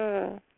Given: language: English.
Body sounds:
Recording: throat vibration sensor signal played as sound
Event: speech

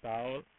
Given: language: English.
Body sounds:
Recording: throat vibration sensor signal played as sound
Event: speech

